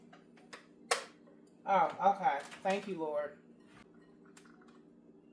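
A plastic lid on a second spice jar, one that never snaps in, is pushed down with a few faint ticks before a sharp click at 0.9 s as it finally seats. Someone talks right after, followed by a few light clicks near the end.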